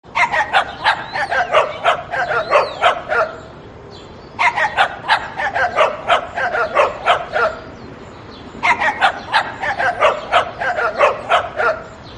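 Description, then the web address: Dog barking in three bursts of many sharp barks, separated by pauses of about a second. "Doggy"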